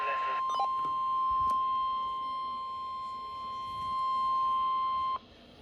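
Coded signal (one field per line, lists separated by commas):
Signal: Emergency Alert System (SAME) tones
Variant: 1050 Hz attention tone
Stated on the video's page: Real tornado and severe thunderstorm watches and warnings, some on a NOAA Weather Radio station.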